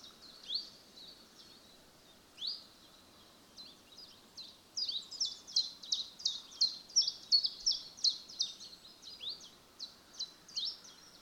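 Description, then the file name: Common chiffchaff gives a few scattered high notes, then from about five seconds a brisk run of sharp high notes continues to the end. "Tjiftjaf"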